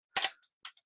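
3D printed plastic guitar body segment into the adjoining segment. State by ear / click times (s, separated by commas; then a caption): seated / 0.2 s. A 3D printed plastic guitar body segment, shaped like an interlocking jigsaw piece, is pushed into the adjoining segment and clicks into place at 0.2 s with a sharp, bright snap. Three quieter clicks follow at about 0.4, 0.7 and 0.8 s, and the piece is seated.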